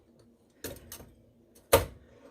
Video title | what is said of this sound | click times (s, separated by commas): My new toy: UCO candle lantern | there it is it snaps into place and that's it | 1.7 s